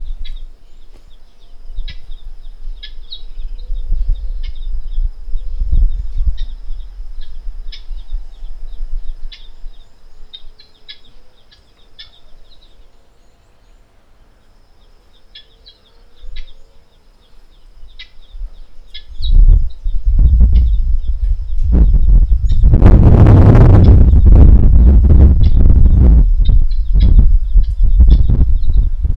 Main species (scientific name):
Numida meleagris